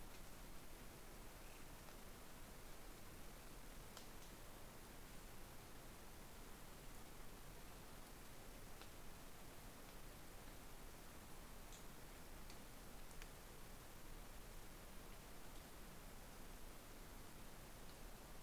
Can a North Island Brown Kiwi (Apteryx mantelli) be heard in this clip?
no